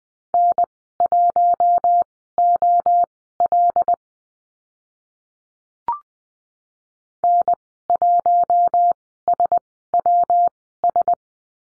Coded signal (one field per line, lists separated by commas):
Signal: Morse code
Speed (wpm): 20 wpm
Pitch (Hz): 700 Hz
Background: none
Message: N1OL N1SWS